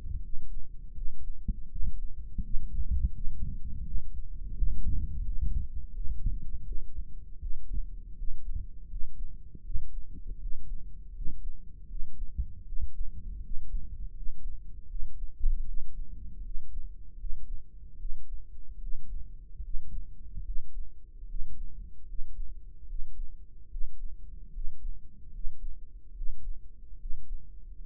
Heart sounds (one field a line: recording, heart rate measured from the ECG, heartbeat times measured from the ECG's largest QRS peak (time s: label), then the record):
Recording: heart sounds by microphone in the right ear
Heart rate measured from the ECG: 78 bpm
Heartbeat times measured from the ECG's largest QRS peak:
0.17 s: heartbeat
0.90 s: heartbeat
1.65 s: heartbeat
2.38 s: heartbeat
3.09 s: heartbeat
3.80 s: heartbeat
4.51 s: heartbeat
5.20 s: heartbeat
5.89 s: heartbeat
6.60 s: heartbeat
7.35 s: heartbeat
8.12 s: heartbeat
8.85 s: heartbeat
9.59 s: heartbeat
10.36 s: heartbeat
11.10 s: heartbeat
11.84 s: heartbeat
12.61 s: heartbeat
13.38 s: heartbeat
14.10 s: heartbeat
14.84 s: heartbeat
15.61 s: heartbeat
16.39 s: heartbeat
17.14 s: heartbeat
17.94 s: heartbeat
18.76 s: heartbeat
19.58 s: heartbeat
20.40 s: heartbeat
21.23 s: heartbeat
22.02 s: heartbeat
22.83 s: heartbeat
23.65 s: heartbeat
24.48 s: heartbeat
25.28 s: heartbeat
26.10 s: heartbeat
26.94 s: heartbeat
27.75 s: heartbeat
From the record:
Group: healthy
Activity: rest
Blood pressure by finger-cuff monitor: 96/74 mmHg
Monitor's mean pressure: 79 mmHg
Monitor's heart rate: 77 bpm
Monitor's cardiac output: 5.3 L/min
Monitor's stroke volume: 68 mL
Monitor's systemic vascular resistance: 1110 dyn s/cm5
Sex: male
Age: 20 years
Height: 187 cm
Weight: 68.9 kg